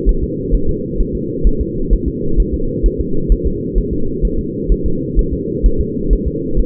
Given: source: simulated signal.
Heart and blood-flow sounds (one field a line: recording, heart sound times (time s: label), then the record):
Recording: fetal heart sounds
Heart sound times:
0.09 s: S1
0.24 s: S2
0.55 s: S1
0.69 s: S2
1.00 s: S1
1.15 s: S2
1.47 s: S1
1.61 s: S2
1.93 s: S1
2.08 s: S2
2.40 s: S1
2.54 s: S2
2.86 s: S1
3.01 s: S2
3.32 s: S1
3.47 s: S2
3.78 s: S1
3.93 s: S2
4.25 s: S1
4.39 s: S2
4.72 s: S1
4.86 s: S2
5.19 s: S1
5.33 s: S2
5.66 s: S1
5.81 s: S2
6.13 s: S1
6.28 s: S2
6.59 s: S1
From the record:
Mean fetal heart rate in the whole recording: 130 bpm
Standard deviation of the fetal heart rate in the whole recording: 2 bpm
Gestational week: 36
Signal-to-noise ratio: -8.1 dB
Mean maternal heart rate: 72 bpm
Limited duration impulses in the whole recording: absent